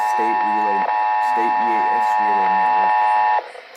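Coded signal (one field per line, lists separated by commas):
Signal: Emergency Alert System (SAME) tones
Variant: 853 and 960 Hz attention tone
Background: speech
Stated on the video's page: EAS alert for the State of Oregon, received on five different channels.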